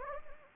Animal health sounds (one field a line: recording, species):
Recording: mosquito wingbeat signal from an infrared sensor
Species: Anopheles gambiae